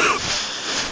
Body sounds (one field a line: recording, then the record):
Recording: coughing mixed with background sound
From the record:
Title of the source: 31 night wet cough